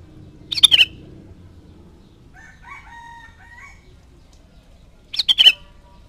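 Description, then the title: Sooty-headed bulbul giving a tight burst of sharp notes at the start and again near the end; a faint rooster crow sounds between. "Kutilang"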